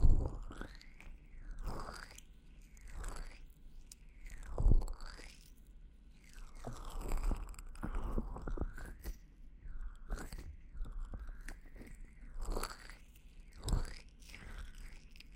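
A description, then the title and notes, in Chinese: Fingers rub and massage the ears with a brush tool, making repeated soft crunchy swishes and sliding whooshes every second or so, steady throughout. 手指掏耳．梵天．凡士林按摩 | EarMassage | NO Talking。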